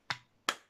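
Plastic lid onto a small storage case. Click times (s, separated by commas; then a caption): 0.5 s. A small plastic storage case that opens by pushing a little tab has its plastic lid snapped closed. A short sharp snap sounds at 0.1 s, then a louder, brighter click at 0.5 s as the lid clips shut. The lid is seated and the clip holds well.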